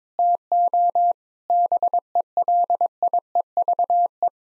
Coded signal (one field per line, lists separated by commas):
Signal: Morse code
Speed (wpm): 22 wpm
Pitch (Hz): 700 Hz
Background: none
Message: TO BELIEVE